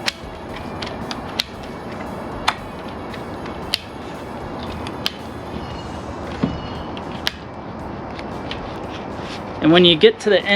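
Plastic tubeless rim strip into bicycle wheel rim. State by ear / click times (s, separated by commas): seated / 0.1 s, 1.4 s, 2.5 s, 3.7 s, 5.1 s, 7.3 s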